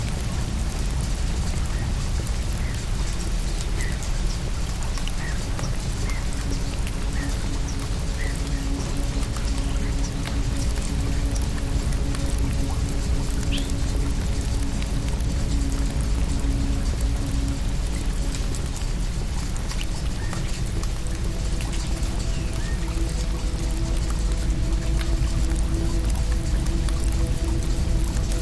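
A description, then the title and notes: A rainstorm hisses steadily throughout, dense and even with no break in level. Beneath it sits a low rumbling bed with faint sustained tones, and scattered brighter drips and taps stand out now and then, especially in the first ten seconds. Rainstorm.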